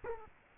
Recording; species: mosquito wingbeat signal from an infrared sensor; Culex quinquefasciatus